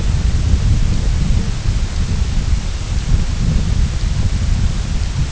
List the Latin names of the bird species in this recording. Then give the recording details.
none. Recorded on Arctic tundra, site IGLO-F, on 22 June 2018. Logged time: 02:00